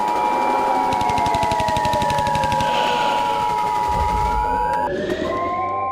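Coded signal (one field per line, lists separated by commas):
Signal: Emergency Alert System (SAME) tones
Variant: 853 and 960 Hz attention tone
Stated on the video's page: Fictional dinosaur-attack scenario, not a real alert.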